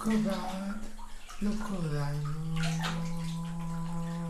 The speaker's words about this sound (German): Ein Schlauch pumpt kaltes Wasser auf ihn.